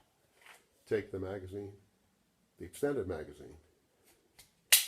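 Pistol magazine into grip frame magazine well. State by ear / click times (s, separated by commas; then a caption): seated / 4.7 s. Someone talks, then an extended 12-round magazine is pushed into the magazine well of a Sig Sauer P320 pistol grip frame. It latches with a sharp, loud snap at 4.7 s, and the magazine is seated and locked in place.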